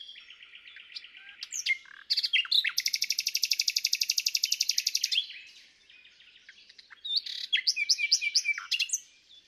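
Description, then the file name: Common nightingale song: varied phrases with a long, fast, rapidly pulsed rattle midway, then sharp whistled notes and chirps; no other sounds evident. "Luscinia megarhynchos"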